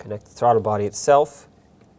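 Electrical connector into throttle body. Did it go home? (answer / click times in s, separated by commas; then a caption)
no / none. An electrical connector is being handled at the throttle body of a 2009-2019 Ford Flex during an ignition coil boot replacement, while someone talks. Nothing has seated or clicked yet; the clip ends just before the connector goes home.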